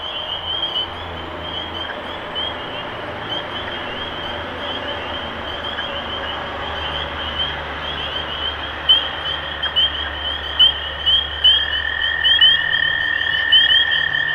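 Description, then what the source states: Spring peeper chorus, softer at first, high rising peeps growing louder later, with a lower drone entering near the end. Recorded 23 March 2012.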